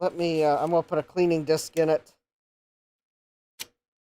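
Someone talks, then closes the door latch lever on an IBM PC 5150's 5.25-inch floppy disk drive with a cleaning disc inserted, to test the latch. A single sharp sound comes at 3.6 s, but the latch fails to catch and nothing has latched. The drive has a mechanical problem.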